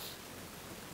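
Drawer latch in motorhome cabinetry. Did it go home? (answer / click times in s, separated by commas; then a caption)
no / none. A large interior drawer in the cabinetry of a 2000 American Heritage 45IS motorhome is being pushed closed toward its latch, heard as a steady, even broadband hiss with no distinct transients. The drawer is still being handled and nothing has seated or clicked yet.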